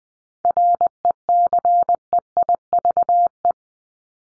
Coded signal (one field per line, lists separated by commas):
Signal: Morse code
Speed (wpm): 20 wpm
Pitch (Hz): 700 Hz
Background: none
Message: RECEIVE